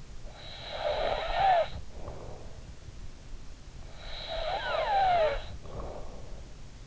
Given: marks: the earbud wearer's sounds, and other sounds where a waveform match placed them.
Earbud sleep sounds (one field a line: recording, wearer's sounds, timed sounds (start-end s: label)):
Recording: sounds in sleep by an in-ear microphone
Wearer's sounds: snoring breath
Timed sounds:
0.22-2.85 s: snoring breath
3.82-6.68 s: snoring breath